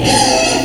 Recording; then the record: squeal of a Yucatan mini pig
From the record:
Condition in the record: before surgery on the right vocal fold (resection and tissue-engineered implant); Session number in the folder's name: 2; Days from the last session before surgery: 0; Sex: male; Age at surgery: 12 weeks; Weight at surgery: 13 kg